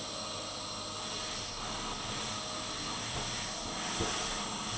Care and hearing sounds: daily activity, microphone in the room; vacuum cleaning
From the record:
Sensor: 4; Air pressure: 991.8 hPa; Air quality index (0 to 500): 113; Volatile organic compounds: 20 ppm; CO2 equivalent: 2690 ppm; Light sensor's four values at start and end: 19/62/23/23 and 18/61/23/23

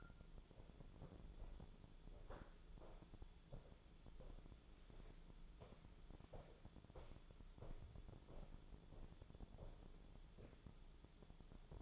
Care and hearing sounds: daily activity, microphone in the room; walk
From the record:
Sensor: 5

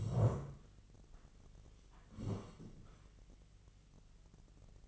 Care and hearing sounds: daily activity, microphone in the room; sit down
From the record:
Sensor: 4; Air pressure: 1013.0 hPa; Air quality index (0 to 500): 168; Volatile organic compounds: 2 ppm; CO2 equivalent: 1067 ppm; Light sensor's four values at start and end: 52/128/54/58 and 52/129/54/58

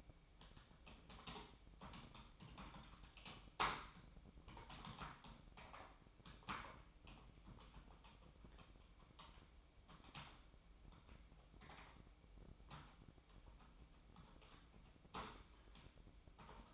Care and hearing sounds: daily activity, microphone in the room; typing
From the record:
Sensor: 1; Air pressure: 1007.6 hPa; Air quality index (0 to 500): 79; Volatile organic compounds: 1 ppm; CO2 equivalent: 685 ppm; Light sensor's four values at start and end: 12/30/12/14 and 12/29/12/13

